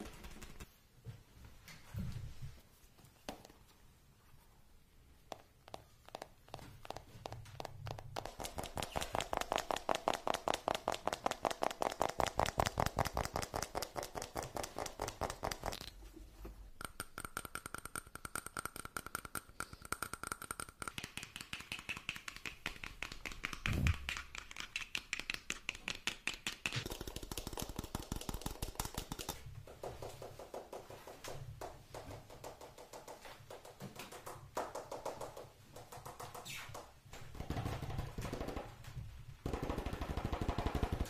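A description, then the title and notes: Fast tapping, rapid dense clicks that run in bursts, thickening into a near-continuous rattle between about 9 and 16 seconds and again later. The pace shifts and pauses briefly, with faint thuds and a steady higher tone around 17 to 21 seconds. Fast Tapping Deluxe Edition [Binaural Eargasm].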